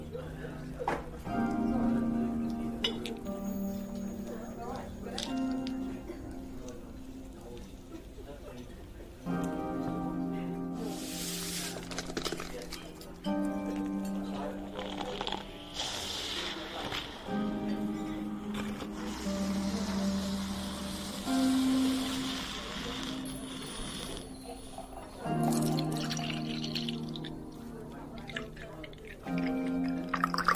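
A fantasy fairy cafe ambience of soft, sustained musical tones that change pitch every few seconds over a low murmur of voices. Bright hissing, shimmering swells rise around 11, 16 and 20 seconds, with faint drip-like taps scattered throughout.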